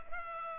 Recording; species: mosquito wingbeat signal from an infrared sensor; Culex pipiens